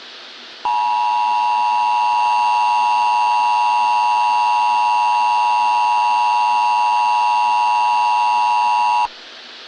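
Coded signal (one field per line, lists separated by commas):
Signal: Emergency Alert System (SAME) tones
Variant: 853 and 960 Hz attention tone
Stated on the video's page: Fictional EAS scenario about the sun turning into a black hole; contains valid SAME tones.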